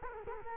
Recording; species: mosquito wingbeat signal from an infrared sensor; Culex quinquefasciatus